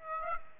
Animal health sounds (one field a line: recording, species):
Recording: mosquito wingbeat signal from an infrared sensor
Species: Aedes aegypti